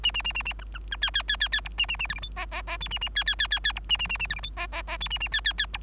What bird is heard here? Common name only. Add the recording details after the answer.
Bengalese Finch. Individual Bird3